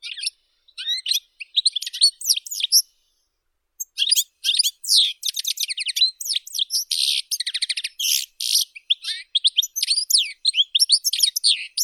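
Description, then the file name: European goldfinch song, a fast tinkling twitter of high liquid notes mixed with buzzy, nasal phrases, running nearly continuously with one brief pause; no other sounds. "Golosa ptic - CSHegol Carduelis carduelis"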